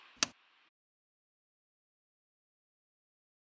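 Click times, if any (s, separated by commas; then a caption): 0.2 s. A small plastic laptop keycap is centred over its plastic hinge clip (hinge style HC46, for a 15-DY laptop) and pushed down. A single sharp snap is heard at 0.2 seconds, followed by silence, and the keycap is seated.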